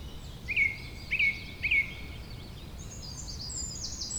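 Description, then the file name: Bird song: three sharp whistled notes evenly spaced, followed by fainter high twittering notes. "beautiful Birdsong"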